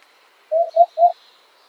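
Eurasian hoopoe uttering a single set of three low, mellow hoots in quick succession, with a faint high hiss behind.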